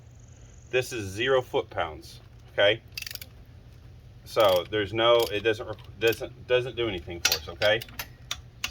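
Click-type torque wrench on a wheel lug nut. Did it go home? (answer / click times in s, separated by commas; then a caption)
yes / 8.3 s, 8.6 s. A click-type torque wrench set to zero foot-pounds is turned on a wheel lug nut with almost no force, and it clicks right away at its maximum setting. Someone talks through most of the clip, and a few faint ratcheting ticks come around 3.0–3.2 seconds. The wrench clicks sharply at 8.3 and 8.6 seconds.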